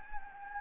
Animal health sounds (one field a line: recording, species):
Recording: mosquito wingbeat signal from an infrared sensor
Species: Anopheles gambiae